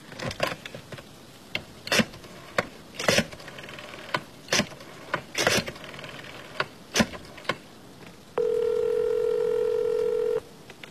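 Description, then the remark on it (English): A telephone being dialed: a run of quick, irregular button clicks for several seconds, then a steady, buzzy dial tone that holds for about two seconds before cutting off. “Quick, give me a number. I'll phone you back.”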